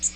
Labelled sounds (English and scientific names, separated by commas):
Magnolia Warbler (Setophaga magnolia) flight call